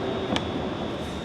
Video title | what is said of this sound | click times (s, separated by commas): S&B Install - Cold Air Intake for the 2023-2025 Ford Raptor R 5.2L V8 | So you can kind of hear it snap, but snap it all the way around. | 0.4 s